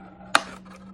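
A side flap of the lock bottom on a cardboard soju-glass gift box is pushed inward into its slot in the box's interlocking paperboard base. One sharp, loud click rings out at 0.4 s over a faint steady hum. The flap snaps into place and is seated.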